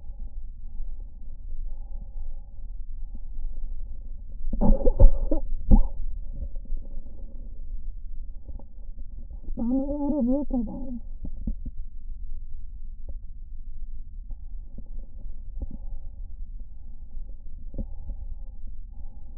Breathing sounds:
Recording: lung sounds by stethoscope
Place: right posterior basal chest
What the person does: quiet breathing, then cough and speech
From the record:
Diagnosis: interstitial lung disease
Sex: female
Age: 61 years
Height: 155 cm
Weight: 75.5 kg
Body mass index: 31.4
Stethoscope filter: diaphragm mode

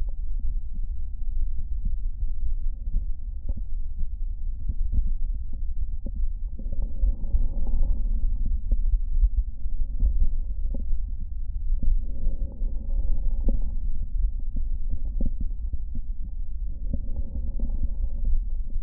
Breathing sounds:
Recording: lung sounds by stethoscope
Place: right anterior apical chest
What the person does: quiet breathing, then deep breathing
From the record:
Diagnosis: interstitial lung disease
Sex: male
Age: 74 years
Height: 160 cm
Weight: 54 kg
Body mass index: 21.1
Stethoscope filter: diaphragm mode

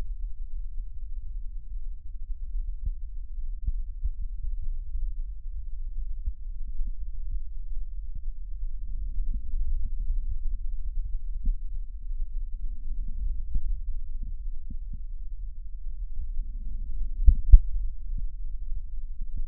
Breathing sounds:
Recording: lung sounds by stethoscope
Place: left posterior basal chest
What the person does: quiet breathing, then deep breathing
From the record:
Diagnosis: asthma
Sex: female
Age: 74 years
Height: 155 cm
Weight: 63 kg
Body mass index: 26.2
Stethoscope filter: bell mode

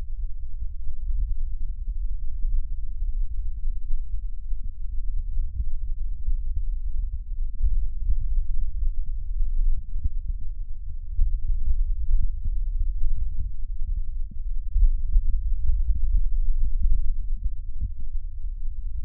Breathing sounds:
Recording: lung sounds by stethoscope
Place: left anterior apical chest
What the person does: quiet breathing, then deep breathing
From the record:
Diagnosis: COPD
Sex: male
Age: 80 years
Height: 171 cm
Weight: 75 kg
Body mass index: 25.6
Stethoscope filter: bell mode

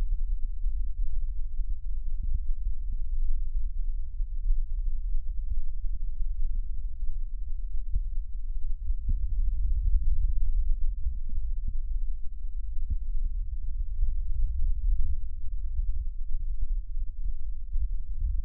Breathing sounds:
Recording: lung sounds by stethoscope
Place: left posterior basal chest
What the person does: quiet breathing, then deep breathing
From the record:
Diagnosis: COPD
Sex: male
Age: 77 years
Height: 164 cm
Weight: 58.2 kg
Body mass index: 21.6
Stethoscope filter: bell mode

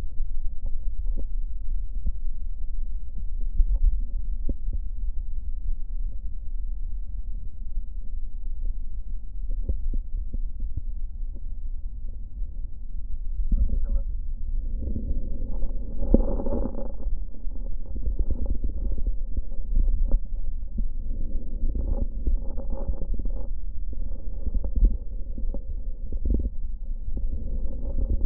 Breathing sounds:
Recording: lung sounds by stethoscope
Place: left posterior apical chest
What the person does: quiet breathing, then deep breathing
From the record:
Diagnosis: none (healthy)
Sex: male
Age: 35 years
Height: 186 cm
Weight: 108 kg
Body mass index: 31.2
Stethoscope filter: diaphragm mode

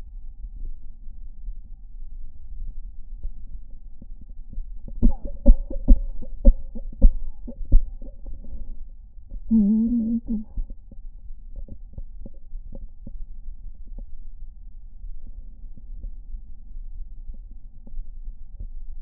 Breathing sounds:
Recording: lung sounds by stethoscope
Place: right anterior apical chest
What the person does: quiet breathing, then cough and speech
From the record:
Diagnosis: COPD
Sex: female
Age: 65 years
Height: 156 cm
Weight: 63.9 kg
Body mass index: 26.3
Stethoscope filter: diaphragm mode

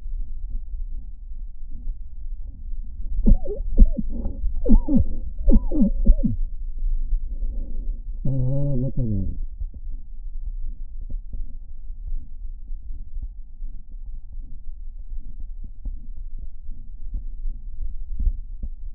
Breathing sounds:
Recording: lung sounds by stethoscope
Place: right anterior apical chest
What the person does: quiet breathing, then cough and speech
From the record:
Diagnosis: interstitial lung disease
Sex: male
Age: 72 years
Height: 170 cm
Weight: 62.9 kg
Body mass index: 21.8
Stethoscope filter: diaphragm mode

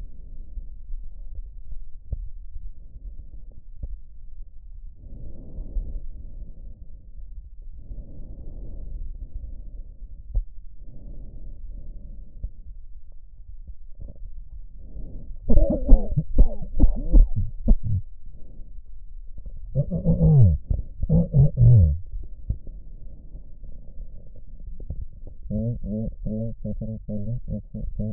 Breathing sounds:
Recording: lung sounds by stethoscope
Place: left posterior apical chest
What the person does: quiet breathing, then cough and speech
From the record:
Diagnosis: none (healthy)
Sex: male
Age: 45 years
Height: 173 cm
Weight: 92 kg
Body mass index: 30.7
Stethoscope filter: extended mode

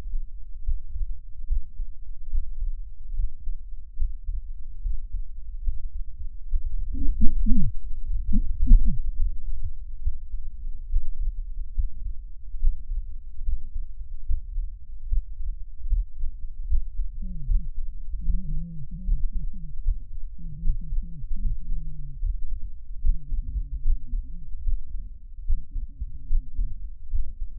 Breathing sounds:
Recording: lung sounds by stethoscope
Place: right posterior apical chest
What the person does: quiet breathing, then cough and speech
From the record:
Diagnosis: interstitial lung disease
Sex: male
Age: 72 years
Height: 167 cm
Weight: 74 kg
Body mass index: 26.5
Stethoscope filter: bell mode

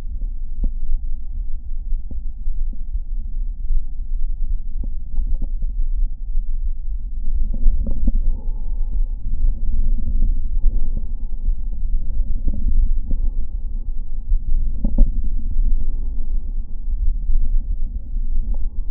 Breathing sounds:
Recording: lung sounds by stethoscope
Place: left anterior apical chest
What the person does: quiet breathing, then deep breathing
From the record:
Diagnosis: COPD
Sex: male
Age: 59 years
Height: 175 cm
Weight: 73 kg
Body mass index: 23.8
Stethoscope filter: diaphragm mode

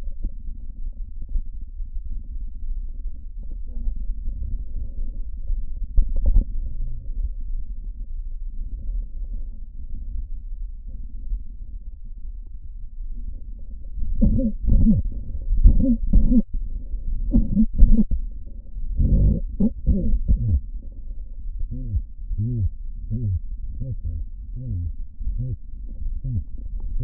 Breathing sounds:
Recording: lung sounds by stethoscope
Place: right posterior basal chest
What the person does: quiet breathing, then cough and speech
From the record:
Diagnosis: COPD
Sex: male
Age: 70 years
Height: 170 cm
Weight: 74 kg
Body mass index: 25.6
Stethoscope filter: diaphragm mode

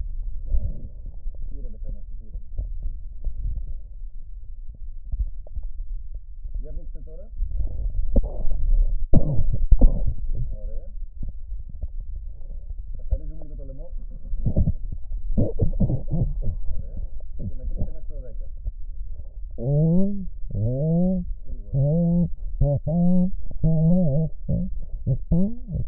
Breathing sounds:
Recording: lung sounds by stethoscope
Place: right posterior apical chest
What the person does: quiet breathing, then cough and speech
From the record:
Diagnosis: COPD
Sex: female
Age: 80 years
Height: 160 cm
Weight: 62 kg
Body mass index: 24.2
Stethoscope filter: extended mode

